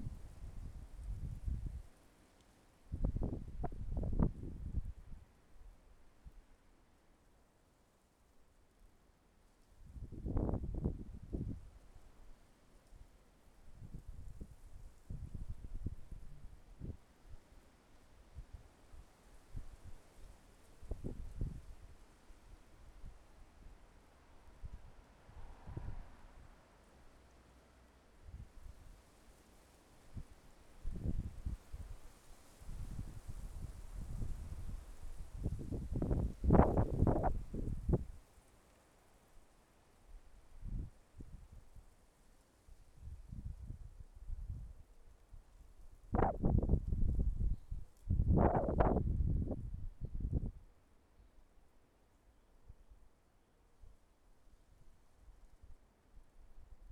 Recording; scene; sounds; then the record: everyday scene through a hearing-aid microphone; wind on the microphone; wind, traffic, birds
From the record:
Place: suburban garden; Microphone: behind the ear, left, rear